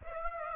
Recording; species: mosquito wingbeat signal from an infrared sensor; Aedes aegypti